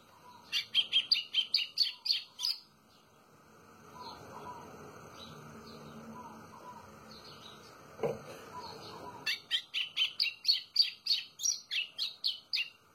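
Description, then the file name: White-throated seedeater song: rapid bursts of high, sharp chirps for two seconds, a pause with faint softer chirps, then the quick chirping series returns. "canto do golinho"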